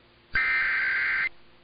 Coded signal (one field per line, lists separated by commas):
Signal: Emergency Alert System (SAME) tones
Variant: header bursts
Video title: Utah Required Monthly Tests (EAS #1240-#1241)